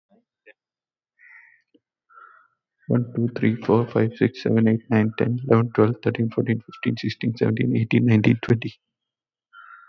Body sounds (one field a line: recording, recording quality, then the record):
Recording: counting at a fast pace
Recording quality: excellent, no background noise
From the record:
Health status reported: healthy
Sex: male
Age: 31 years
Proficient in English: yes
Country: India